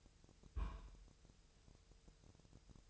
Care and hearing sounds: daily activity, microphone in the room; place on stove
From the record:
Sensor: 2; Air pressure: 999.1 hPa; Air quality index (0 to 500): 196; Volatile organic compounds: 27 ppm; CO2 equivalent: 2899 ppm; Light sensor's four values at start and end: 6/15/6/6 and 6/15/6/6

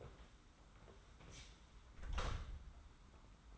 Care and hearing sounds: daily activity, microphone in the room; close door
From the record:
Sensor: 3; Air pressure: 991.6 hPa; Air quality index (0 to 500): 141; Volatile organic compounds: 315 ppm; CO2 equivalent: 4514 ppm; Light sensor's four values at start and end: 41/116/47/41 and 41/116/47/41

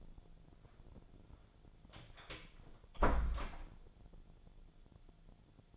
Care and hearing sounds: daily activity, microphone in the room; close door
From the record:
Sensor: 5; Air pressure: 1000.6 hPa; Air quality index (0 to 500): 155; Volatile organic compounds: 2 ppm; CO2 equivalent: 1192 ppm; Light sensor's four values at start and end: 48/112/47/50 and 48/113/47/50

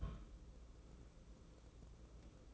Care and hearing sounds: daily activity, microphone in the room; place on stove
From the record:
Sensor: 1

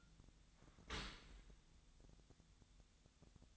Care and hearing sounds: daily activity, microphone in the room; open dishwasher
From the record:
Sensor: 3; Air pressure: 1006.7 hPa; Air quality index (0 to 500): 207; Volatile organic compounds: 19 ppm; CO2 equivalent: 2640 ppm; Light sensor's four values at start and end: 10/25/10/10 and 10/24/10/10

